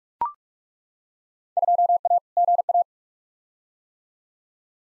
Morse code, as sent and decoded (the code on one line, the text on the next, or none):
..--- .- / --. .-
2A GA